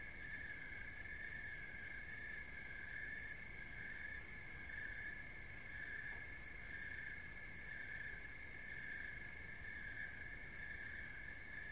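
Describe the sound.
Continuous high cricket chirping with regular swells near once per second, backed by a dull, low rumble.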